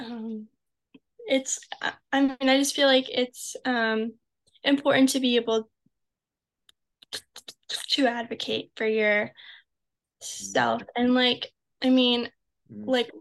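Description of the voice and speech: A teenage girl, a high school senior from Havertown, PA, who stutters, speaks haltingly, with drawn-out sounds, frequent 'um' and 'like' fillers, and a silent gap of about two seconds mid-phrase before 'to advocate'. These hesitations and a likely block fit mild stuttering.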